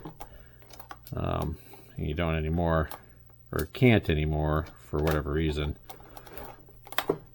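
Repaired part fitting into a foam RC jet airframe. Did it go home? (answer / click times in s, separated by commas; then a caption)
yes / 7.0 s. During a wing repair on a foam Eflite F-14 40 mm RC jet, a part is pushed into the airframe and snaps into place at 7.0 s, after not grabbing at first. Someone talks through most of the clip, with a few light taps and clicks near the start and just before the snap.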